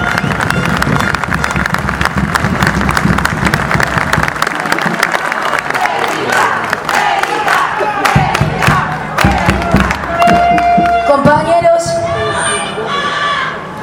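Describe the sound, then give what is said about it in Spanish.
A crowd at a rally of the UTA union, Córdoba section, bursts into loud, sustained applause for a union delegate about to speak, dense clapping mixed with cheers and shouts that swell and continue for several seconds, with a few whistles and whoops rising near the end. “le vamos a dar un fuerte aplauso”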